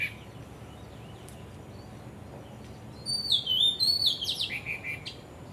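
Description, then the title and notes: Bird song: near silence for about three seconds, then a loud whistled phrase of sliding notes breaking into quick chirps. Birds singing vigorously at Wu Kai Sha, Hong Kong, on 15 December 2006; recorded with AKG condenser microphones in XY stereo. "香港 烏溪沙 雀鳥勁唱歌 Date: 15 December 2006"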